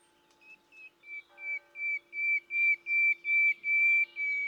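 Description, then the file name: Common nightingale song phrase: a rapid series of pure, level whistled notes that swell steadily from soft to loud. "Luscinia megarhynchos"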